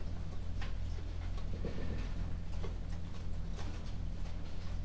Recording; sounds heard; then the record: poultry house recording; no chicken sound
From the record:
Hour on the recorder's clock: 22